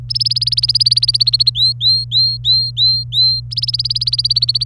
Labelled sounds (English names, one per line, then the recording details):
Domestic Canary song
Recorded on 27 April 2018 at 15:01
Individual llb3